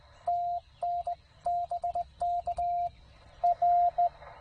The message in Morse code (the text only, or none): TN BK R